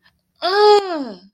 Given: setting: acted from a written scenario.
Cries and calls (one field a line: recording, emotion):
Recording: vocal sound without words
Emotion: disgust